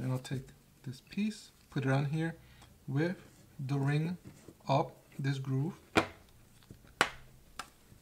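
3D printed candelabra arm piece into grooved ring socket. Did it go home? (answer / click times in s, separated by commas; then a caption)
yes / 7.0 s. A 3D printed plastic candelabra arm piece is pressed, ring up, into the groove of a grooved ring socket on the mating printed part, to check that it snaps into place before gluing. Someone talks throughout, followed by a few sharp clicks, the loudest at 7.0 s as the piece snaps and seats in the groove.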